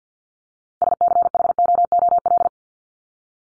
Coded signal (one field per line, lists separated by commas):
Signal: Morse code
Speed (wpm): 50 wpm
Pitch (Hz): 700 Hz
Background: none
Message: SCHOOL